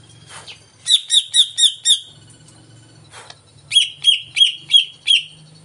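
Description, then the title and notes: Greater green leafbird song: two bursts of five crisp, high repeated notes separated by a short gap, with a soft low rumble in the background. Lure recording of a singing greater green leafbird (cucak ijo), played to prompt a caged bird to sing before being hung up; bird described as singing constantly (gacor). "Pancingan CUCAK IJO Mau Di Gantang. Cucak Ijo Gacor"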